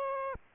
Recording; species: mosquito wingbeat signal from an infrared sensor; Aedes aegypti